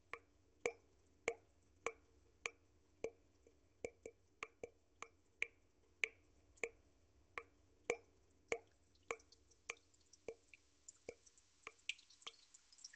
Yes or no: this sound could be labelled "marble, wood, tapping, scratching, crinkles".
no